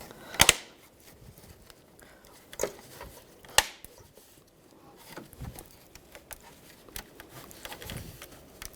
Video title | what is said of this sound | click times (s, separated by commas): How to Replace Front Grille 2013-2016 Dodge Dart | that's all clipped in | 0.4 s, 0.5 s, 3.6 s